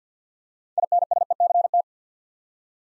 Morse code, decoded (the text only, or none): INSECT